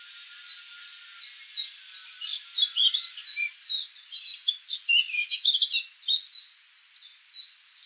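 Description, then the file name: Eurasian blackcap giving a continuous, hurried warble of varied high chirps and twittering notes. "Sylvia atricapilla"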